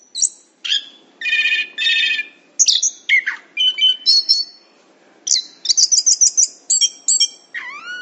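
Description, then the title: Chestnut-capped thrush singing a mixed sequence of buzzy rattles, rich whistles and rising slurs, with one brief pause partway through. "anis kembang"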